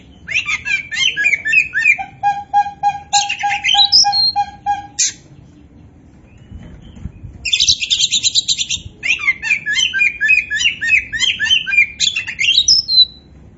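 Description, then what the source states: Oriental magpie-robin song of quick repeated chirps and rasping buzzes in two long bursts separated by a short quiet gap. Singing in full voice ('gacor'); Indonesian name kacer poci.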